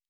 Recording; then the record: hydrophone in a shrimp aquaculture tank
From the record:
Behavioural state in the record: normal